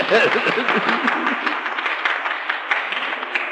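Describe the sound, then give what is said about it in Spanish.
A lecture audience claps steadily for a few seconds, a dense patter of many hands, with a voice briefly speaking over the start before the applause carries on alone. “¡Aplaudan si quieren, hombre, si no hay inconveniente!”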